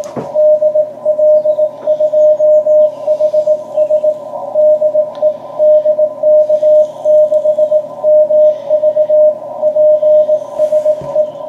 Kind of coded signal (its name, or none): Morse code